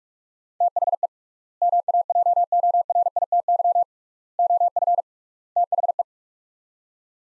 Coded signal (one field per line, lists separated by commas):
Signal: Morse code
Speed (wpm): 43 wpm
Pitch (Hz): 700 Hz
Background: none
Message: THE MAJORITY OF THE